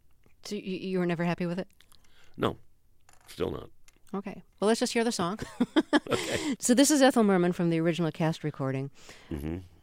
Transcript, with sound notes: So you were never happy with it?
No - still no.
OK. Well, let's just hear the song.
(LAUGHTER)
OK.
So this is Ethel Merman from the original cast recording